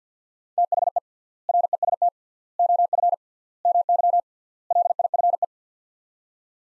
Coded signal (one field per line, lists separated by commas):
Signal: Morse code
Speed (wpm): 49 wpm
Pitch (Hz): 700 Hz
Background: none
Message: THE REST OF MY LIFE